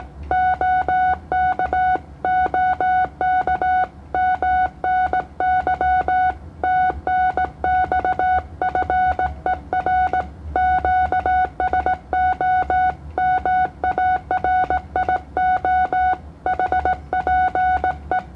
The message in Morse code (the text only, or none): OK OK MNY TNX FER QSO MARIO HPE